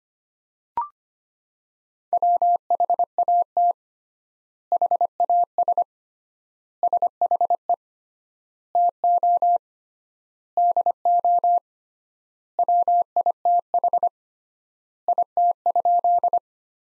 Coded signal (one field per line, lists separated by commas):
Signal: Morse code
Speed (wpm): 25 wpm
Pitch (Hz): 700 Hz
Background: none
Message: WHAT HAS SHE TO DO WITH IT?